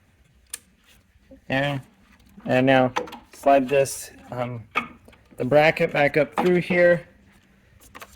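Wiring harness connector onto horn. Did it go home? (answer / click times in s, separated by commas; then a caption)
yes / 0.5 s. An electrical connector from the wiring harness is pressed onto the terminal of a new horn on a 2008-2020 Dodge Grand Caravan. It clicks home and seats at 0.5 s. Someone then talks, and another short tick comes near 8.0 s.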